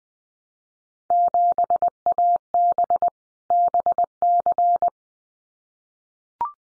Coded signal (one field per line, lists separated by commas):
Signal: Morse code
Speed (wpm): 20 wpm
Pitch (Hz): 700 Hz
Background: none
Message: 7AB BC